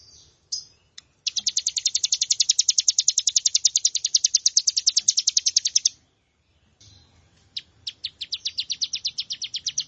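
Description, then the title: Plain prinia song: a very rapid, rattling trill of high buzzy notes lasting nearly five seconds, a brief silence, then another trill begins. "Ciblek Sawah"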